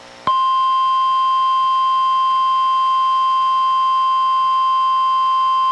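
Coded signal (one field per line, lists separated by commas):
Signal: Emergency Alert System (SAME) tones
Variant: 1050 Hz attention tone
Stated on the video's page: NWR Required Weekly Test from NWS Portland relayed by KEC91 Astoria, recorded from a Reecom R-1630 weather radio into a Zoom H1 recorder.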